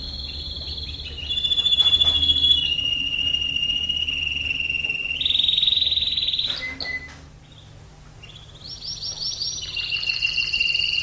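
Canary song of long steady whistles and rolling trills switching pitch, with a quieter pause midway before trilling resumes.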